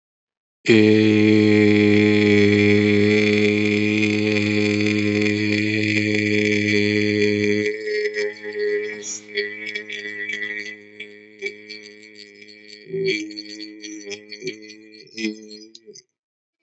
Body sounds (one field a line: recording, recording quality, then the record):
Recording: sustained vowel as in made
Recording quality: excellent, no background noise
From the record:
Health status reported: healthy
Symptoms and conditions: none ticked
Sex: male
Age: 19 years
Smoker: not ticked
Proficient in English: yes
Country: India